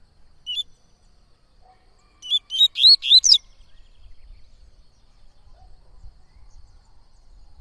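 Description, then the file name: Yellow-bellied seedeater song, a single note then a rapid phrase of five or six sweet, rising-falling whistles lasting about a second, in a quiet background. "canto de coleiro baiano"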